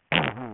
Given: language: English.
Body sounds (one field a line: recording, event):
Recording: throat vibration sensor signal played as sound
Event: throat clearing